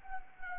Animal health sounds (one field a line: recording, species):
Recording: mosquito wingbeat signal from an infrared sensor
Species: Anopheles arabiensis